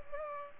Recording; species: mosquito wingbeat signal from an infrared sensor; Culex pipiens